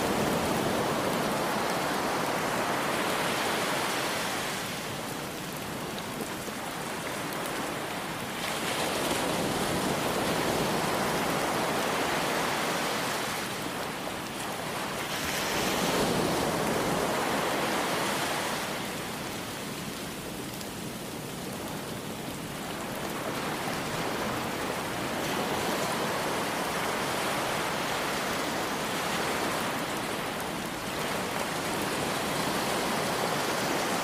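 Rain and ocean waves blend into a dense, continuous hiss that fills the whole range from low rumble to bright spray. Slow swells rise and fall every few seconds, the strongest near the middle, as waves roll in beneath the steady rainfall.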